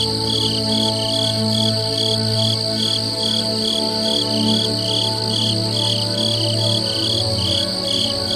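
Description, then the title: Crickets giving high pulsed chirps, repeated throughout, accompanied by soft relaxing music with low droning notes. Ambient nature sounds. "Peaceful Crickets"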